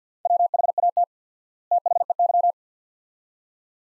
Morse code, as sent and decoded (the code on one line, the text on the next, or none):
.-- .... .- - / - .... . -.--
WHAT THEY